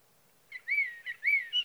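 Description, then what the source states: Sage thrasher song fragment: a few clear, whistled, slurred notes rising and falling, over a faint low hum. Male singing through the night near his night roost, evening of June 12 to morning of June 15, 2018, Sierra Valley, California; Swift recorder.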